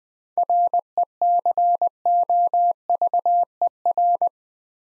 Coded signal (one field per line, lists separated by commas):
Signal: Morse code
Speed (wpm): 20 wpm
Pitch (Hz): 700 Hz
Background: none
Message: RECOVER